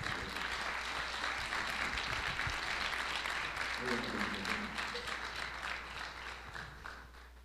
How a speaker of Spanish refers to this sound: Y quisiera que este aplauso también viniera para su señora esposa, por favor.